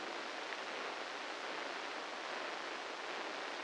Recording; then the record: brain microelectrode recording played as sound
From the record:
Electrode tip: inside the subthalamic nucleus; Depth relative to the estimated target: -5 mm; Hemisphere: left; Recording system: NeuroSet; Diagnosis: Parkinson's disease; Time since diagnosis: 8 years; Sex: male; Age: 58 years